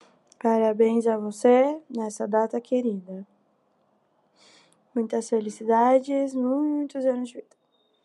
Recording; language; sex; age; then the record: short text; Brazilian Portuguese; female; 20 to 29 years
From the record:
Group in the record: control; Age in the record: 22 years